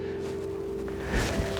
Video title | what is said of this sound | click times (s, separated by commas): How-to Put On a Malibu Over The Tower Cover | lock this pin lift the bimini bracket up just a little bit make sure it actually does lock you'll hear that click | 1.6 s